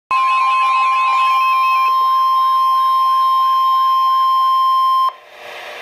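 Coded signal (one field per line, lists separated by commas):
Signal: Emergency Alert System (SAME) tones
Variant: 1050 Hz attention tone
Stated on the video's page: Special marine warning broadcast on NOAA Weather Radio.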